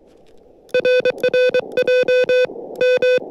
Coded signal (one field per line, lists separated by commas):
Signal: Morse code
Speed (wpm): 23 wpm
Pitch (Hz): 500 Hz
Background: none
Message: RR JM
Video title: 面白山（標高1264m）山岳運用 SOTA Activation / モールス通信 / Using KH1 & Whip